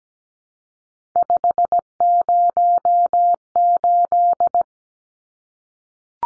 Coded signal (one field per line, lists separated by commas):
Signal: Morse code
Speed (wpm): 17 wpm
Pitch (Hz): 700 Hz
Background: none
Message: 508